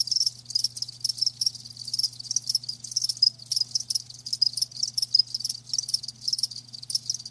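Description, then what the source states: Cricket song of loud shrill chirps in fast repeated bursts, a continuous pulsing rhythm, with only a faint low hum below. Crickets chirping, presented as lulling sleep sounds.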